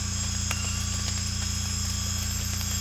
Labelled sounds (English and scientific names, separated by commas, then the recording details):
none
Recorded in secondary vegetation near Puerto Asís, Putumayo, Colombia, on 18 December 2024 at 01:30
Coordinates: 0.485, -76.322
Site GP08